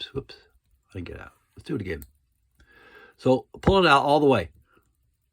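Someone talks while handling the winding crown of a 1929 Elgin oval-case vintage mechanical watch, getting ready to pull it all the way out. Only speech and faint handling noise are heard; the crown has not yet clicked into the hand-setting position.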